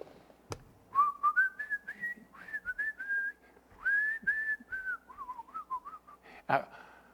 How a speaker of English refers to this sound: You know, the other day, I went into the kitchen here at church to get a glass of water. And all of a sudden, I started whistling.